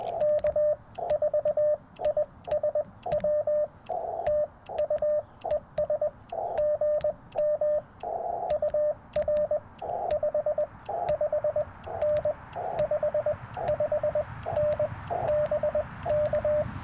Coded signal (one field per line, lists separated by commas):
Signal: Morse code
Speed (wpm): 19 wpm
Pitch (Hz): 600 Hz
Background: radio noise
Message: K4ISW TU ES GM UR 55N 55N BK